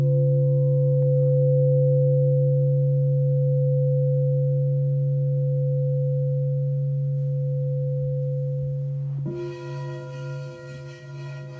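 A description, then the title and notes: Singing bowls hum a steady low tone with a higher overtone for nine seconds, then a new strike near nine seconds adds brighter, wavering tones. This quick grounding meditation features a high C, low C, middle C and F bowl.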